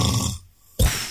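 An adult man snoring in his sleep; the snoring is just starting to get going.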